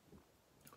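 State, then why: Seated. A vape oil cartridge on a magnetic adapter for a C cell cartridge is put into a thick metal vape battery. A soft low rustle of handling is followed by one short, sharp snap at 0.7 s as the cartridge seats in place.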